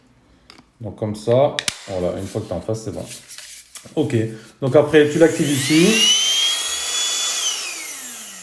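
A Baseus A1 handheld car vacuum has its dust container or filter pushed into place in the notch of the body after the filter is cleaned, and it seats with a sharp click at 0.5 s. Someone then talks, and from about 4.7 s the vacuum motor runs with a rising whine that continues to the end.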